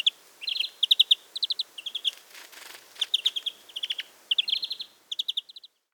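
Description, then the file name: European greenfinch calls, short bursts of quick twittering notes in runs of three to five, repeated throughout with brief pauses. "Chloris chloris"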